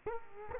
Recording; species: mosquito wingbeat signal from an infrared sensor; Culex quinquefasciatus